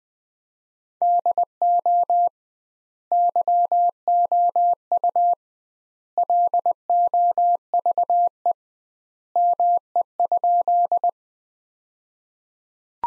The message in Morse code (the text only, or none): DO YOU LOVE ME?